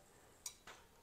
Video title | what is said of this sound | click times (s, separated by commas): Simple! How to Set Valve Lash On Scorpion Rockers, 388” Small Block Chevy! #howto | not putting any Loctite on it we're leaving it the way it is and he's going to Snug that up hear it pop like that | 0.5 s